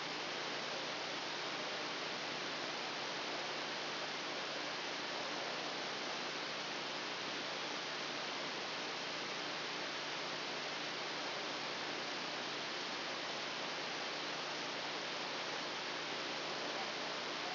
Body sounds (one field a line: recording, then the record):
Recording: brain microelectrode recording played as sound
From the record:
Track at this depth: outside the subthalamic nucleus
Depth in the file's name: 0.315 mm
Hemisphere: left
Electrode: 2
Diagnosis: Parkinson's disease